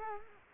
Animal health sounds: mosquito wingbeat signal from an infrared sensor; Culex quinquefasciatus

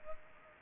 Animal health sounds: mosquito wingbeat signal from an infrared sensor; Culex pipiens

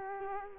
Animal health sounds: mosquito wingbeat signal from an infrared sensor; Culex quinquefasciatus

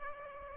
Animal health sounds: mosquito wingbeat signal from an infrared sensor; Aedes aegypti

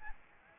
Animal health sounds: mosquito wingbeat signal from an infrared sensor; Aedes aegypti

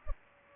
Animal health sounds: mosquito wingbeat signal from an infrared sensor; Culex pipiens

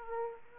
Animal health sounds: mosquito wingbeat signal from an infrared sensor; Aedes aegypti

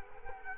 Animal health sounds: mosquito wingbeat signal from an infrared sensor; Culex quinquefasciatus

